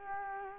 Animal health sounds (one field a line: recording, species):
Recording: mosquito wingbeat signal from an infrared sensor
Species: Culex quinquefasciatus